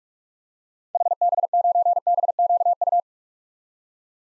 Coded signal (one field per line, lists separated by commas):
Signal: Morse code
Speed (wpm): 42 wpm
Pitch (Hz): 700 Hz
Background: none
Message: HB9BQU